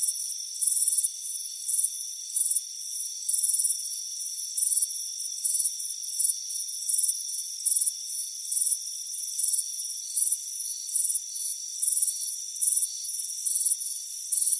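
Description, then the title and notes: Crickets chirping in high, bright pulsed bursts that repeat roughly once a second, over a steady high-pitched insect hum with no other sounds. Warm afternoon on a front porch; crickets chirping. "Soothing Crickets Chirping Sound. It's a warm afternoon as you relax in a hammock on the front porch. Relax and fall asleep to the soothing sound of chirping crickets. Deep Sleep Sounds"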